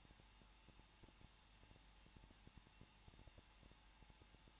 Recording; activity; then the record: daily activity, microphone in the room; no activity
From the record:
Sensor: 1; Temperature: 20.0 degrees Celsius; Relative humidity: 39.5%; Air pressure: 1006.4 hPa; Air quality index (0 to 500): 220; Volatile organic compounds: 83 ppm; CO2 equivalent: 3635 ppm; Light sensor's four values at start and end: 1/2/1/1 and 1/2/1/1